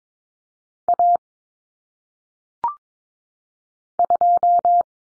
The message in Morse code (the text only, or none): A 2